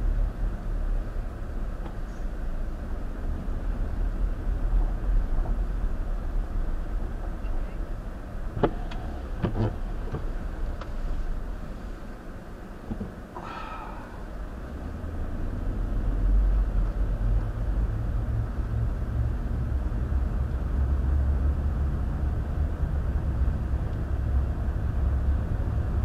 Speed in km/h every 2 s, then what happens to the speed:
10, 10, 13, 10, 10, 8, 0, 10, 19, 21, 24, 27, 27.
0-9 steady at about 10. 9-11 brakes to 0. 11-13 standing. 13-26 pulls away to 27.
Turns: none.